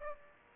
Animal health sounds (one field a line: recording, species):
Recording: mosquito wingbeat signal from an infrared sensor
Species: Aedes aegypti